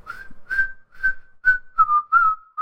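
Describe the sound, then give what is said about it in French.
Someone casually whistles a short tune as he walks away, a string of clear, steady mid-pitched notes with small breathy onsets, the last few gliding slightly lower, with no talking. “Pis il s'en va. En sifflotant.”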